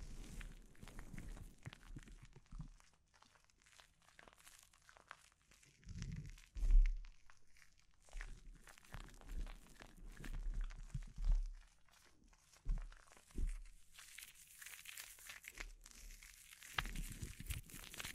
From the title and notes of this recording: ASMR Sleep Inducing Scalp Treatment (No Talking).